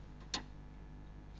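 A graphics card is pushed into the top PCIe slot of a motherboard until the slot latch locks. A single sharp click is heard at 0.3 s, standing out against a low steady hum. The card is seated and locked in the slot.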